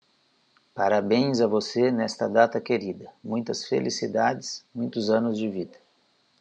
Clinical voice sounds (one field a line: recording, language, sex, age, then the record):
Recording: short text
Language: Brazilian Portuguese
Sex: male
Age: 40 to 49 years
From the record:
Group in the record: control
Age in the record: 45 years